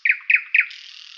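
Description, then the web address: Bird giving three quick, harsh squawking notes in rapid succession, then a breathy hiss. "Dirt-Samples birds"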